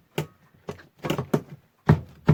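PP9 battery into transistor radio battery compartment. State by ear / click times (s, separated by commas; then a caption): not seated / none. A PP9 battery is repeatedly pushed and knocked into the battery compartment of a transistor radio, producing a series of short, sharp knocks and thumps at about 0.2, 1.1, 1.3, 1.9 and 2.3 seconds. The battery still will not go in, and nothing has seated or clicked yet.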